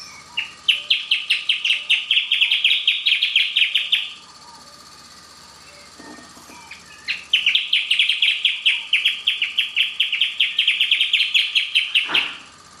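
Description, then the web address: Band-tailed hornero with two long, loud rattling trills of rapid harsh notes, several seconds each, separated by a pause, over a constant faint tone. "Band tailed hornero. صدای پرنده هورنرو دمنواری"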